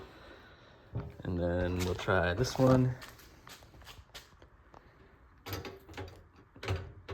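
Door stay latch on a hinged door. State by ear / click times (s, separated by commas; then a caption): seated / 6.6 s. Someone talks, then a DIY-repaired hinged door is swung fully open with some rattling handling sounds. Its hold-open stay latch snaps into its locked position with a sharp click at 6.6 s, and the latch works.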